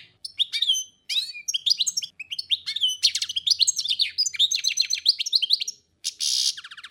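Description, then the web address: European goldfinch sings a rapid, tinkling medley of sweet twitters and slurred notes, closing with a short, harsh rasping call. "schegol"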